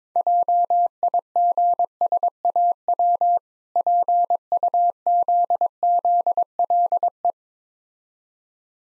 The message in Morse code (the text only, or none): JIGSAW PUZZLE